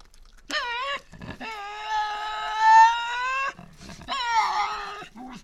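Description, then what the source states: Tasmanian devil giving a short whine then a long steady harmonic screech and another wavering one, with soft grunts between. Resident devils in an enclosure at the Devils@Cradle conservation facility, Cradle Mountain, Tasmania, 24 October 2007, heard disputing who has priority.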